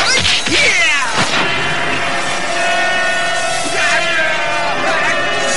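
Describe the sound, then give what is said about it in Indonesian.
Fighting blows and machete slashes: Kisampar Angin punches in quick succession and Bajul Segara's golok (machete) strikes cut Resi Amista's body into several pieces; sharp whacks and swishing strikes with yelling voices over a loud, steady din that stays dense throughout. “Pukulan Kisampar Angin yang susul menyusul ditambah dengan kibasan-kibasan golok dari Bajul Segara membuat tubuh Resi Amista putus menjadi beberapa bagian.”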